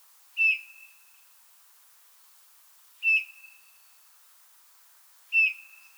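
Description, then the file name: Eurasian bullfinch giving three piping calls, roughly two and a half seconds apart, each fading after the onset. "Pyrrhula pyrrhula"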